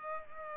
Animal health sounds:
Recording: mosquito wingbeat signal from an infrared sensor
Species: Culex pipiens

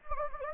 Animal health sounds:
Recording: mosquito wingbeat signal from an infrared sensor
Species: Anopheles gambiae

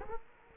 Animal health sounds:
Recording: mosquito wingbeat signal from an infrared sensor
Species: Culex quinquefasciatus

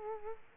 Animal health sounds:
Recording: mosquito wingbeat signal from an infrared sensor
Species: Culex quinquefasciatus

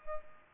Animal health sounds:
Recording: mosquito wingbeat signal from an infrared sensor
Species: Culex pipiens

